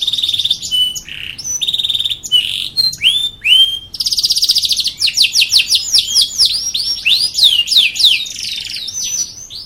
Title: Kicauan Kenari BULLDOZER